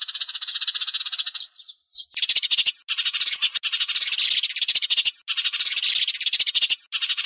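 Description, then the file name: Sparrow calls, a busy overlapping chatter of harsh chirps. "Tieng se keo"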